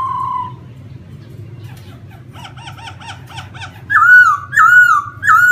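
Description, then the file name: Laughingthrush song: a clear slurred whistle, a run of quick repeated warbled notes, then three loud rising-and-falling whistled phrases, over a low steady hum. Wild-voice song style, giọng rừng. "Tieng khuou hot giong rung"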